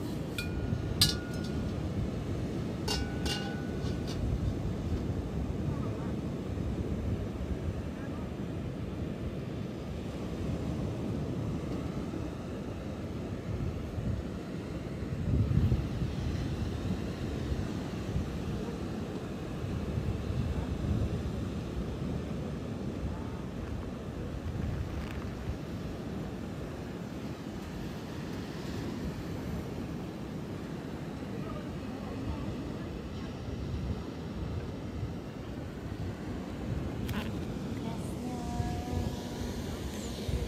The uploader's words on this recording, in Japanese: メキシコから シンギングボウルのサウンドヒーリング。メキシコ時間８／25(木)の夜 ビーチでのサウンドヒーリングのライブ収録です。波音とシンギングボウルの音。